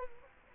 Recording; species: mosquito wingbeat signal from an infrared sensor; Culex quinquefasciatus